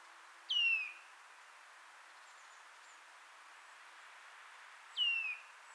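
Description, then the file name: Eurasian nuthatch uttering two loud, downslurred whistled calls several seconds apart. "Sitta europaea"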